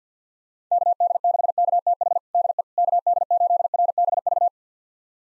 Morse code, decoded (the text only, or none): KD6KTH DE KD8RBV